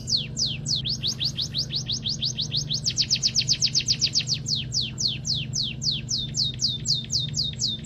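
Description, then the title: Munia song: steady stream of thin, high, down-slurred notes, a fast rattling burst near three seconds, then evenly paced chirps, with a faint low hum. Tirelessly chattering emprit song, used as a model recording for training songbirds. "Kicau Emprit Ngoceh Tak Kenal Lelah Untuk Masteran"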